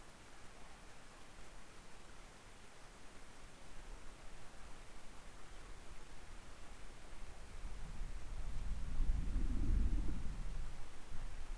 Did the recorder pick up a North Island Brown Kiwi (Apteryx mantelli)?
no